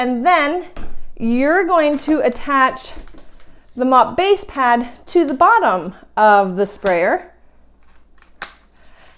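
Someone talks, then attaches the plastic mop base pad to the bottom of the sprayer with a couple of faint contact sounds. It seats with one loud, sharp snap at 8.4 s.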